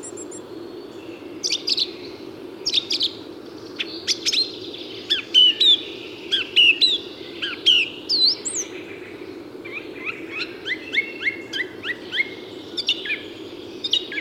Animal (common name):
Song Thrush